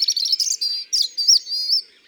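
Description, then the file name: European robin song: a short burst of high, thin warbled notes with quick trills and sliding whistles, tumbling through a varied phrase before fading. "Rougegorge familier ABC des chants doiseaux"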